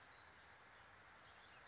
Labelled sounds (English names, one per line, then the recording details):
Western Flycatcher
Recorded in Sonoma County, California